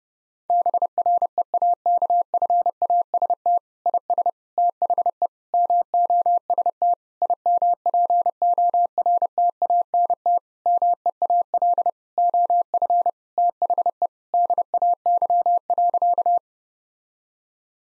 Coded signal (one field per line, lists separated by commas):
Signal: Morse code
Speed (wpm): 30 wpm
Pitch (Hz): 700 Hz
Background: none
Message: BREAKFAST IS THE MOST IMPORTANT MEAL OF THE DAY.